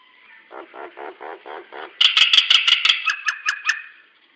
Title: Burung jalak nias